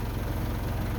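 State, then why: Not seated. A tractor's 3-point quick hitch is being handled as it backs up and rises toward a steel snowblower frame, with the latch meant to snap over the pin. A steady, low tractor engine idle rumbles throughout the clip. Nothing has seated or clicked yet.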